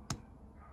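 A wire terminal, held with pliers, is pushed further into a used donor ECU connector while installing factory cruise control on a Jeep Wrangler TJ, to release the terminal's locking tang so it can slide out the back. A single short, sharp click with a low thump sounds at 0.1 s, followed by quiet background. The terminal's lock releases in the connector.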